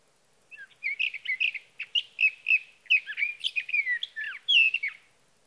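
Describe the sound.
Sage thrasher song beginning softly, then building into a rapid, varied string of burry whistled notes that runs for about five seconds.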